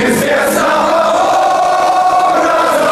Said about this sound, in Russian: Идут и поют болельщики.